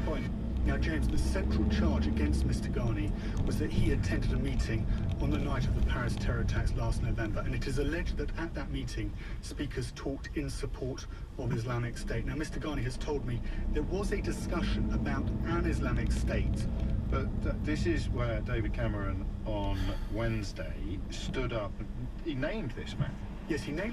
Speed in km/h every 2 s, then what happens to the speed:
18, 23, 23, 11, 5, 5, 8, 16, 11, 8, 5, 0.
4-8 brakes to 5. 11-15 speeds up to 16. 15-21 slows to 0. 21-24 standing.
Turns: none.